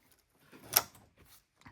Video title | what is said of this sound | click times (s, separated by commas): Ford 6.7 Diesel Thermostat Replacement Plus Primary & Secondary Coolant Drain & Refill How-To | Get this into place. And then same thing, just snaps on. | 0.8 s